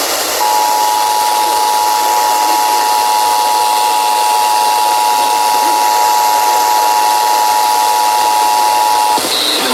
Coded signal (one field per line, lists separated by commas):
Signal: Emergency Alert System (SAME) tones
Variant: 853 and 960 Hz attention tone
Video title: Marginal Risk Chaos (EAS Alerts from 7/6/2026) (EAS #971-1026)